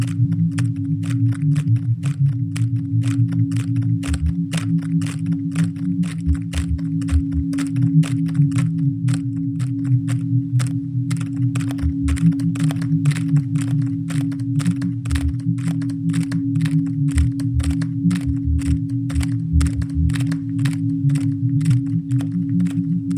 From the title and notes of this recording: Keyboard Collage (disquiet0483). All the sounds in this track originate from recordings of a laptop keyboard made with the aid of Pure Data. Audacity was used for subsequent mixing & editing.